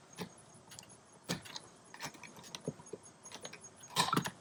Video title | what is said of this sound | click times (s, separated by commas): How to install an exterior light | there you go if you hear that pop right in there | 4.1 s